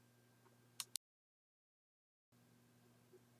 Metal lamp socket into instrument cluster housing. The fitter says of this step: roll in the lamp socket until it snaps in place.